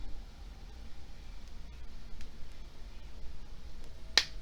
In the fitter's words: So once you hear a pop, it means that you're able to place it back correctly.